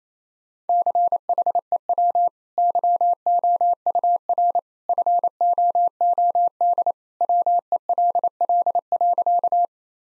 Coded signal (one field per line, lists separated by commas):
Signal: Morse code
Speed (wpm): 27 wpm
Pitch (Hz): 700 Hz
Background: none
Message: CHEW YOUR FOOD WELL.